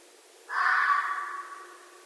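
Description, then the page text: Red fox making one hoarse, raspy call that starts sharply and trails off slowly. Recorded at night. "Night Sounds, Pt 7 â€“ Red Foxes – Stan Courtney"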